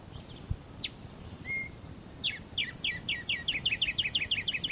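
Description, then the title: Black-striped sparrow: a lone chip and a short flat whistle, then a long, steady series of clear downslurred notes. Nominate subspecies conirostris. "LuckyPassaro Completos2Sama. Black-striped Sparrow"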